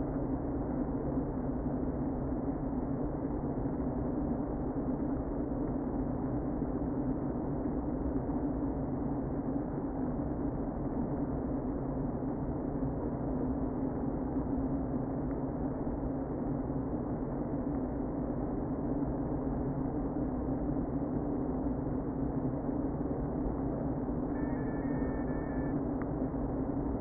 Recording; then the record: honeybee colony, microphone inside the hive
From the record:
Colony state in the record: queen present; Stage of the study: before two queens were removed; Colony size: about 60,000 bees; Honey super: yes